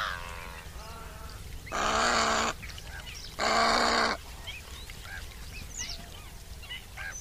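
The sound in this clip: Bird calls: two short harmonic calls, then two loud harsh rasping bursts, followed by scattered faint chirps.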